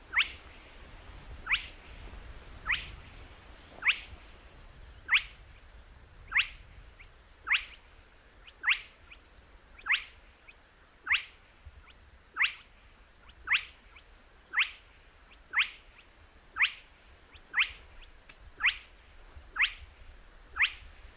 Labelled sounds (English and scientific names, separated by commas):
Spotted Crake (Porzana porzana)